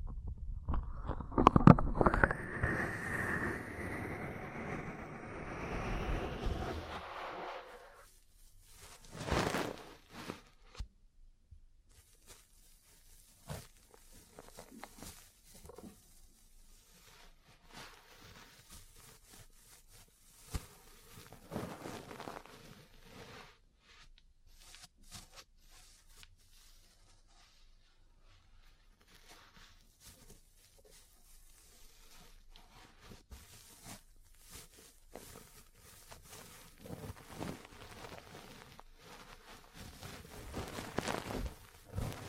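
Ear cleaning and massage sounds with a rising rubbing swell in the first seven seconds that cuts off abruptly. After that, sparse soft scratches, taps and brushing contacts come at irregular intervals over a quiet background, with a few louder bursts near the end.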